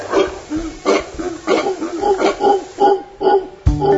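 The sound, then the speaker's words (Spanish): Howler monkey (zaraguato) calls: a steady series of deep, rasping grunts, about eight in four seconds, loud and guttural, with one harsher roar at the end. “Se trata de los zaraguatos, también conocidos como monos aulladores, debido a su potente llamado que puede ser escuchado a varios kilómetros de distancia.”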